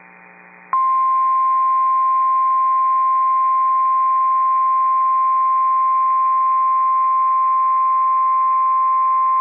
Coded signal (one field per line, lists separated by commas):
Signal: Emergency Alert System (SAME) tones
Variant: 1050 Hz attention tone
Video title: Severe Thunderstorm Warning (Adams, Grant, Hettinger, Sioux Counties, ND) (8/7/25) [EAS #247]